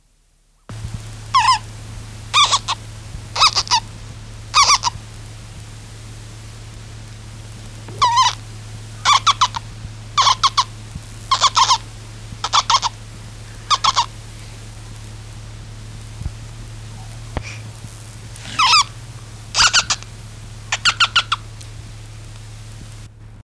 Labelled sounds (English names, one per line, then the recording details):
Spectacled Owl call
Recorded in captivity
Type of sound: call
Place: Zoo Hannover, Niedersachsen, DE
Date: 1974-02-20
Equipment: Halbspur, 9,5 cm/s
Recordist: Lütgens, Hans
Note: Sechstägig, mit noch geschlossenen Augen